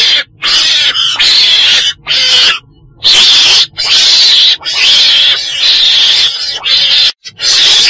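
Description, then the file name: Weasel uttering long raspy hissing screeches, several sustained bursts broken by brief pauses. Described as a black weasel (chồn đen) calling. "tieng chon den keu"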